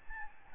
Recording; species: mosquito wingbeat signal from an infrared sensor; Aedes albopictus